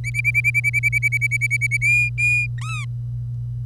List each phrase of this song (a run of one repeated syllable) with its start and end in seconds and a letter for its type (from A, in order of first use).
0.04-1.77 A, 1.81-2.46 B, 2.58-2.85 C